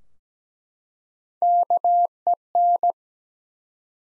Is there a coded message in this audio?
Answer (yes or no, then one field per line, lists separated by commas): yes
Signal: Morse code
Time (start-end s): 1.4-2.9 s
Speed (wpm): 17 wpm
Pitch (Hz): 700 Hz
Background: none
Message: KEN